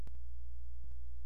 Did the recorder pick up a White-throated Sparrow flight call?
no